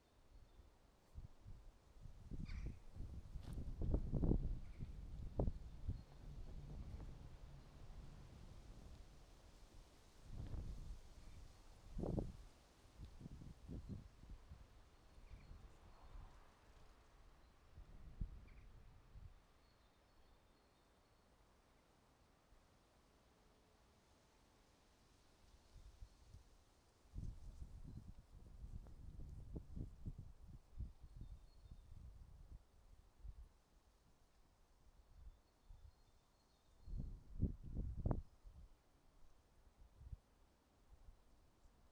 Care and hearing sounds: everyday scene through a hearing-aid microphone; wind on the microphone; wind, traffic, birds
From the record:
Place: suburban garden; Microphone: in the ear canal, right

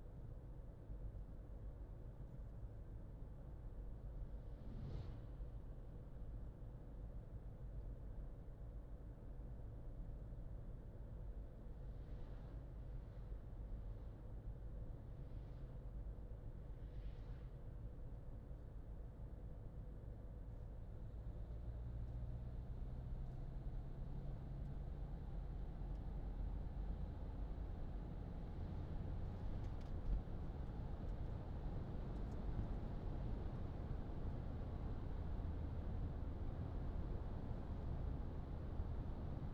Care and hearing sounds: everyday scene through a hearing-aid microphone; in a vehicle; engine, traffic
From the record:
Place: Berlingo II, diesel engine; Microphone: in the ear canal, left

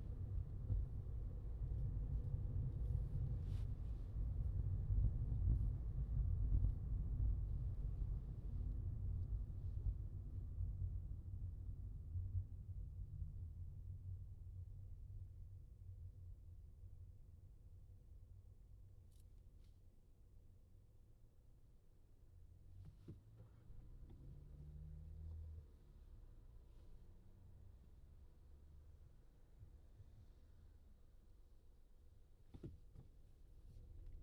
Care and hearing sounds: everyday scene through a hearing-aid microphone; in a vehicle; engine, traffic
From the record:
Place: Skoda Fabia, gasoline engine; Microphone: in the ear canal, left

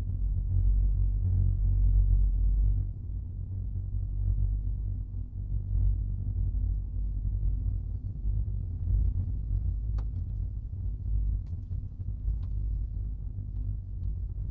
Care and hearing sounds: everyday scene through a hearing-aid microphone; in a vehicle; engine, rumble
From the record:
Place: Skoda Fabia, gasoline engine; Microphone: in the ear canal, right

